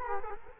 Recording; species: mosquito wingbeat signal from an infrared sensor; Culex quinquefasciatus